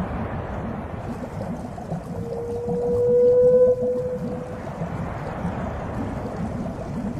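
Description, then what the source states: Whale call: a single steady tonal moan lasting a few seconds, with faint higher harmonics, amid a broad hiss of ocean noise. Deep sea.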